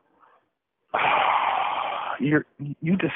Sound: audible sigh